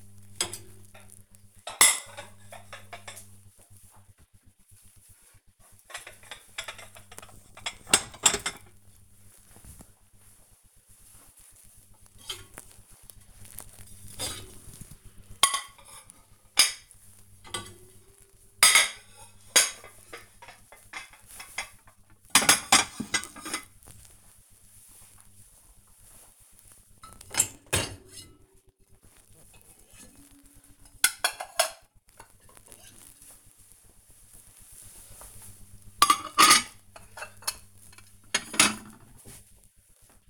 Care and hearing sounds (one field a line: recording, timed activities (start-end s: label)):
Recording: household activities, microphone on the right wrist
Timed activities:
0.00-40.29 s: cleaning out the dishwasher